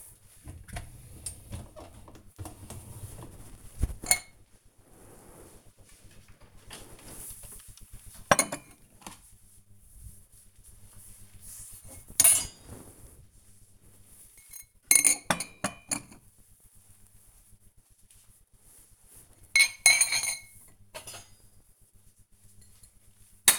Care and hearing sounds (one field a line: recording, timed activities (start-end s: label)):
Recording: household activities, microphone on the right wrist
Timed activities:
0.00-23.59 s: cleaning out the dishwasher